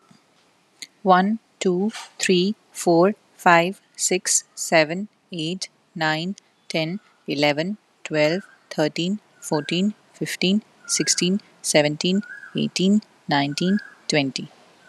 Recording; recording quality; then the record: counting at a normal pace; excellent, no background noise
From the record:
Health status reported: healthy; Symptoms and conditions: none ticked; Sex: female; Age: 32 years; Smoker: not ticked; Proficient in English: yes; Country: India